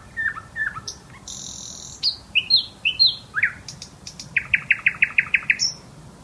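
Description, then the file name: Nightingale song: varied phrases of high whistles, sharp slurred notes and chirps, ending in a fast run of about eight loud repeated notes, with brief pauses between phrases. Singing male. "nightingale bird sings his song"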